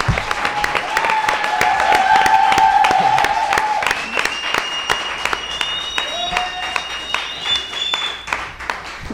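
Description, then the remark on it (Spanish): An audience breaks into steady, dense applause for the farewell of Preocupa Les, running for about nine seconds, with high whistles and scattered cheering voices rising over the clapping before it gradually thins out. “No, que muchas gracias a vosotros, que es una penilla que se acabe el Preocupa Les, pero que gracias también a la Ocupa por el día de hoy, que un aplauso para el Preocupa Les, ¿no? Que se despide.”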